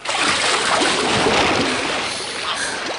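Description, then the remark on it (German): Steady, loud splashing and churning water fills the whole stretch, a broad rushing wash with bursts of turbulence and no voices, as divers shoot up and surface, one of them just freed underwater. “Sofort schießt der Befreite an die Wasseroberfläche. Auch Claudia kann auftauchen.”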